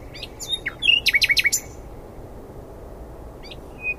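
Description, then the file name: Common nightingale phrase of sweeping notes and a quick burst of repeated chirps, then silence and a faint closing note. "Luscinia megarhynchos"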